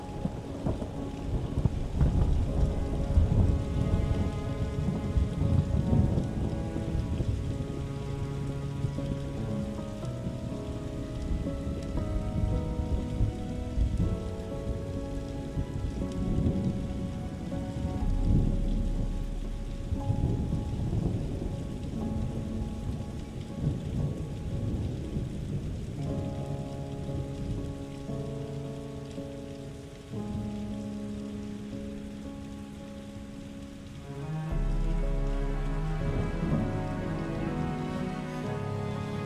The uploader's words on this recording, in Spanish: Este episodio presenta sonidos calmantes de una tormenta y lluvia suave, acompañados de una música serena para una noche de sueño tranquilo.